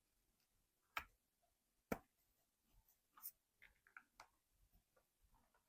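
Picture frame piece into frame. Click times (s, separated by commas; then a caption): 1.0 s, 1.9 s. A frame piece, with its knot on the bottom and string on the top, is lined up and pressed into a picture frame while framing a diamond painting canvas. Two sharp snaps ring out at 1.0 s and 1.9 s, followed by softer clicks and handling noises. The piece snaps into place and is seated.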